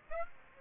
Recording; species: mosquito wingbeat signal from an infrared sensor; Aedes aegypti